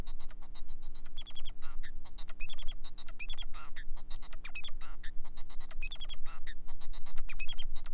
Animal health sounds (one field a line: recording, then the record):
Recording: song of a male Bengalese finch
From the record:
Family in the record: son of father 4